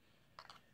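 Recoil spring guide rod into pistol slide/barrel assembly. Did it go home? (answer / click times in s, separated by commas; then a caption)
yes / 0.4 s. While a Ruger SR45 semi-automatic pistol is being reassembled, its steel recoil spring guide rod is popped into the catch at the bottom of the slide and barrel assembly. A sharp metallic click at 0.4 s marks the rod seating, followed by a softer click at 0.5 s against a quiet background.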